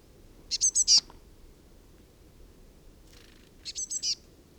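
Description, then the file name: Eurasian blue tit calling with two quick bursts of four very high, thin notes, separated by about three seconds of quiet background hiss. "Cyanistes caeruleus"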